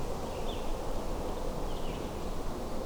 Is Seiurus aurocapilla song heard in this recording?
no